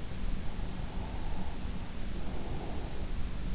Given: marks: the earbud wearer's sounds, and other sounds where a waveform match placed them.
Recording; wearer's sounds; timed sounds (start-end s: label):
sounds in sleep by an in-ear microphone; breath
0.62-3.26 s: breath